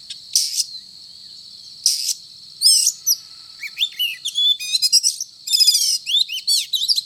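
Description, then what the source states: Oriental magpie-robin song: two short buzzy bursts, then a rapid run of varied whistles, slurred chirps and trills, over a steady high tone. Indonesian local name kacer; described as 'gacor', meaning singing vigorously.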